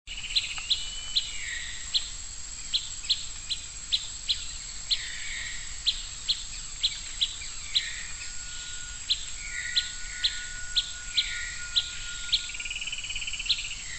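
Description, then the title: Bird song of quick high ticks mixed with lower slurred notes, repeated throughout against a constant shrill insect drone. "LuckyPassaro Completos2Sama"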